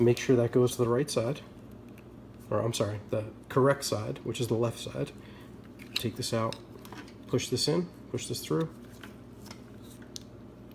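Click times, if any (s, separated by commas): 10.2 s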